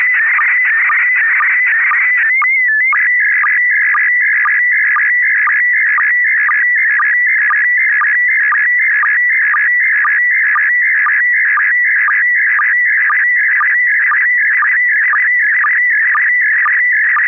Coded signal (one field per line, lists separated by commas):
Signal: SSTV (slow-scan television)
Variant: PD 120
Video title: N6NA SSTV Net - 01/22/2025